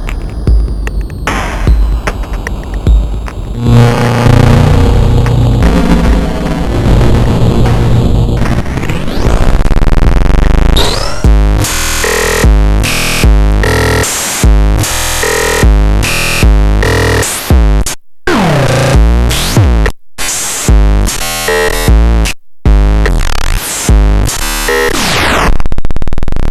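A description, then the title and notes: Circuit-bent effects run continuously, starting as a dense, glitchy drone with buzzy tones and a deep low throb. After about ten seconds it breaks into stuttering chopped bursts, sweeping pitch slides and abrupt dropouts near 18, 20 and 22 seconds. Circuit bent Yamaha REX50. Demo of real-time circuit bent effects created by a Yamaha REX50. Mods include a 12 way RAM decimation switch matrix, with an extra switch to take the distortion based switches from mild to offensive, and a system reclocking knob.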